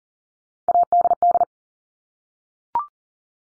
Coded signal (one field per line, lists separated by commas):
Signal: Morse code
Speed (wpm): 40 wpm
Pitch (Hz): 700 Hz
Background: none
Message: ADD